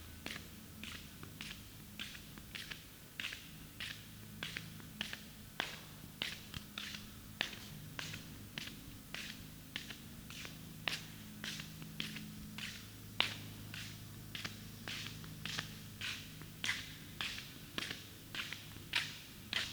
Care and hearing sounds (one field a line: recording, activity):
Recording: daily activity, guitar pickup as the sensor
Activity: walk